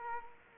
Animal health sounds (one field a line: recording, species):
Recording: mosquito wingbeat signal from an infrared sensor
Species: Culex quinquefasciatus